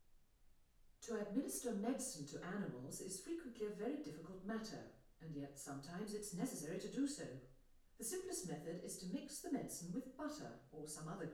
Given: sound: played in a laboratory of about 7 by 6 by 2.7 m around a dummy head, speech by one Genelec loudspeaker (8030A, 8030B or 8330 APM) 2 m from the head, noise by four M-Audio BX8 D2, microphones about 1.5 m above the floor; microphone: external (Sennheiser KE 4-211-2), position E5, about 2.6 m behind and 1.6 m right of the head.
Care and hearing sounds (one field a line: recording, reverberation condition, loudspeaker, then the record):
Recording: female speech in English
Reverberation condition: medium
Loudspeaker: 30 degrees to the right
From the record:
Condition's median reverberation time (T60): about 510 ms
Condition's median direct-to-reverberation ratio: about -0.5 dB